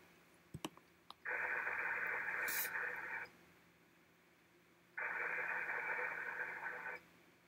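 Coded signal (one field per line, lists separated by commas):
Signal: HF data modem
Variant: ARDOP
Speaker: I mean that gives you a general idea of what's of what it is and how it sounds and whatnot which is really really cool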